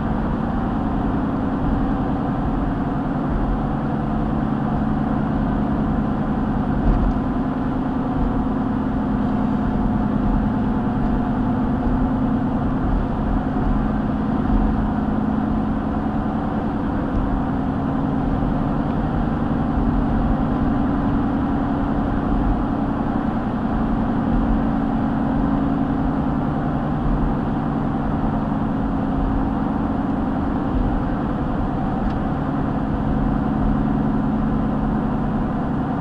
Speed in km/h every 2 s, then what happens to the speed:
92, 90, 90, 90, 87, 87, 89, 90, 92, 93, 95, 95, 93, 93, 92, 92, 90, 90.
0-7 steady at about 90. 19-36 steady at about 92.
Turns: none.